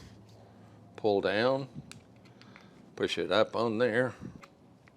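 A low-pressure hose quick-disconnect is handled at a BCD power inflator fitting, with its sleeve pulled back ready to be pushed up onto the inflator. Someone talks in two bursts, with a few faint short ticks between them near 1.9, 2.4 and 2.6 seconds and another near 4.9 seconds. Nothing has seated or clicked yet.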